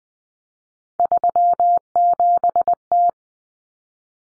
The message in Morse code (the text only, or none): 37T